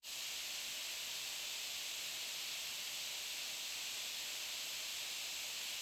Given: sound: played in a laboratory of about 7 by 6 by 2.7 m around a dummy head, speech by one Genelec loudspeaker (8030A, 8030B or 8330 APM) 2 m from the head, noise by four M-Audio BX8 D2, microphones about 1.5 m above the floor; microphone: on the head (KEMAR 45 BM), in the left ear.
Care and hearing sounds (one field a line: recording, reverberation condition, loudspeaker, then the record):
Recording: white noise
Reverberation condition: high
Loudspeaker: four, about 170 cm from the corners of the room and facing them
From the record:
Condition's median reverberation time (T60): about 1300 ms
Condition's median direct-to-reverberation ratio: about -4.0 dB